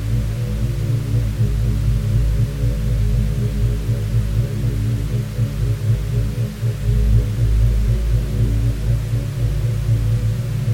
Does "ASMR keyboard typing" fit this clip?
no